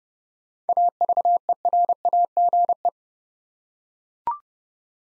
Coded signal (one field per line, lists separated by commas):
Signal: Morse code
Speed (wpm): 30 wpm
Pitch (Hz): 700 Hz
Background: none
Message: AVERAGE